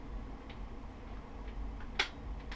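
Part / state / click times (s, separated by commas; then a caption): bolt into rifle action / seated / 2.0 s, 2.5 s. A rifle bolt is slid slowly forward over a cartridge until fully forward, then rotated down and locked into the rifle action to find where the bullet touches the rifling. Faint ticks are heard, followed by a sharp metallic click at 2.0 seconds and a softer click at 2.5 seconds. The bolt locks closed.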